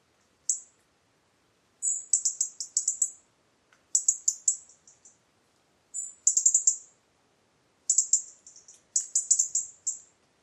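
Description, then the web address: European robin calls: very high, thin ticking notes in several short rapid bursts, with brief silences between. "Deverinetal 2025 File origin Bird Only Er Ru"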